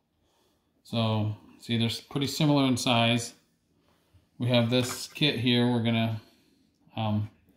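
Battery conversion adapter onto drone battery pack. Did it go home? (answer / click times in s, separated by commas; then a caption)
no / none. Someone talks while handling a plastic battery conversion adapter for a Yuneec Mantis Q, about to be pressed onto a high-voltage LiHV drone battery pack. Only speech is heard, with no click. Nothing has seated or clicked yet.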